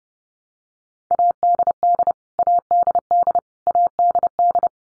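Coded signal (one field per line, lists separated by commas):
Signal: Morse code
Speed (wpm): 30 wpm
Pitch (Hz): 700 Hz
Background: none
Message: ADD ADD ADD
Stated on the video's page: Top 200 English words drill at 30 wpm, each word sent three times, then once more.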